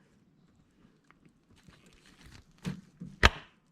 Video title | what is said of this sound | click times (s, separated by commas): 2017-2025 Honda CR-V PCV Valve - 1.5L Turbo | There we go, it just snapped right in. | 3.2 s